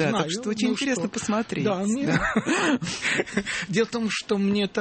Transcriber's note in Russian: смеются